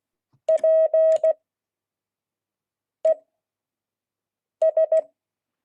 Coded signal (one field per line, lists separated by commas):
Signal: Morse code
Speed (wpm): 16 wpm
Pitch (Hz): 640 Hz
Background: none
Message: P E S